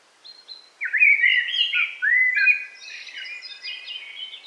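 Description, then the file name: Eurasian blackbird singing a long phrase of flowing fluty notes, then a run of thinner, higher twittering. Recorded in a forest on 8 July 2018. "180708 blackbird forest"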